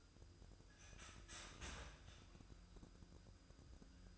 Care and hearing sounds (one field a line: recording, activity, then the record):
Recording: daily activity, microphone in the room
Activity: start toaster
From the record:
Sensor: 2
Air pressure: 988.5 hPa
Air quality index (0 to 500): 192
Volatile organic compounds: 186 ppm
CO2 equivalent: 4166 ppm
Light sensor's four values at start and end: 20/68/27/25 and 20/68/27/25